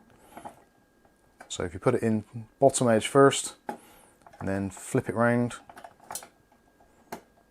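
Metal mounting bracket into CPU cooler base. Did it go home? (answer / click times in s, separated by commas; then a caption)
yes / 7.1 s. Someone talks while fitting the metal mounting bracket of a Deepcool Gammaxx 400 V2 tower CPU cooler, putting it in bottom edge first and then flipping it round into its slot on the cooler base for an AM4 install. Light metallic taps and handling sounds follow the speech. A sharp click at 7.1 s marks the bracket locking into place, confirmed as seated.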